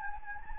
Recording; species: mosquito wingbeat signal from an infrared sensor; Anopheles gambiae